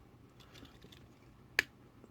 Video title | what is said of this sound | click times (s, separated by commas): Mastermind Creations KM-01 Knight Morpher Commander Review! "That's Just Prime!" Ep 107 | just like that it was very light on the first one but I'm sure you heard it on the second one | 0.9 s, 1.6 s